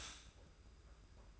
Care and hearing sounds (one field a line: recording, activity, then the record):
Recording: daily activity, microphone in the room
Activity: stop toaster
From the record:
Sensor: 2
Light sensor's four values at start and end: 32/97/38/36 and 32/97/38/36